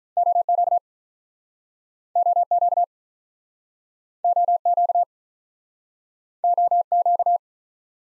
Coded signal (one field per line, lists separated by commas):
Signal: Morse code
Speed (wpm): 46 wpm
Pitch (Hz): 700 Hz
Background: none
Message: O Q O Q O Q O Q